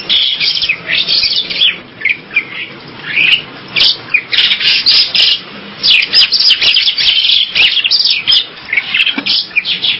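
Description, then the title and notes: Bali myna giving a chattering song of grating, squeaky notes, with brief pauses between noisy clusters. "Jalak Bali. Kicau Burung Jalak"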